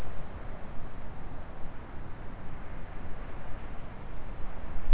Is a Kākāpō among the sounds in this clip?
no